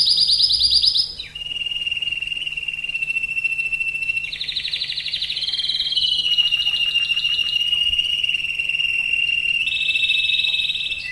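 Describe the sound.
Canary song of long sustained whistles broken by bursts of quick buzzy trills, changing pitch in steps.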